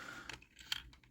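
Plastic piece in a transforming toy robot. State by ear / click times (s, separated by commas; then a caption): not seated / none. A plastic piece on a Magic Square MP Onslaught Night Tracer combiner transformer toy robot is moved; it has no detent and recesses back in on its own. Only a few light plastic taps and handling rustles are heard, loudest near 0.3 and 0.7 seconds. Nothing has clicked or seated into place.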